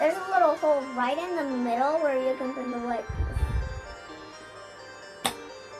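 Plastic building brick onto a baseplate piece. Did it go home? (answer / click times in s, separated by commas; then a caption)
yes / 5.3 s. Someone talks while a white plastic Lego Friends building brick is pressed into a small hole in the middle of another baseplate piece. After some quiet handling noise, a single sharp click is heard at 5.3 s as the brick seats firmly into place.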